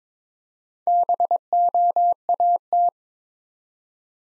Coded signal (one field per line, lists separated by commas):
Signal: Morse code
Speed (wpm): 23 wpm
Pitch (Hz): 700 Hz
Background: none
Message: BOAT